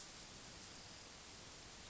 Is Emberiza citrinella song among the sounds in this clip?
no